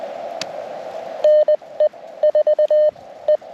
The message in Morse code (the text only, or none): NE4 E